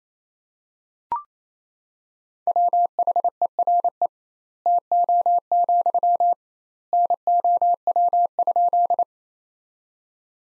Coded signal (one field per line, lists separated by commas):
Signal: Morse code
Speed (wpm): 28 wpm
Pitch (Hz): 700 Hz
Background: none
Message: WHERE TO, NOW?